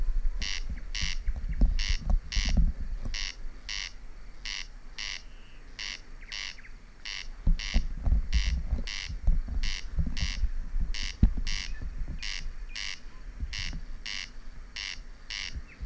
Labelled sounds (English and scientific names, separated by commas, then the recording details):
Corn Crake (Crex crex)
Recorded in the wild
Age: adult
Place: Peenemuende, Usedom, Mecklenburg-Vorpommern, DE
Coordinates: 54.1618, 13.78
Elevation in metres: 0
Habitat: grassland
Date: 2014-05-25 23:38
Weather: 15°C, almost windless
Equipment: Sound Devices 702, Sennheiser MKH 70, Rycote Windschutz
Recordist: Frommolt, Karl-Heinz